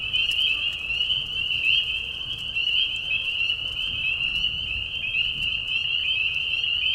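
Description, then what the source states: Spring peepers chorusing, high whistled peeps blending into a continuous ringing band, steady throughout. Mating call of peepers, high whistles, in a marsh at night during a short spring season; Tiny Marsh Conservation Area, Tiny, Ontario.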